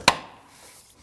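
The inner metal spring latch on the air filter housing lid of a 2013–2019 Ford Police Interceptor Utility 3.7L V6 is pushed closed and snaps shut with a single loud, sharp metal snap at 0.1 s. A faint, quiet tail follows, and the second air filter lid latch is seated.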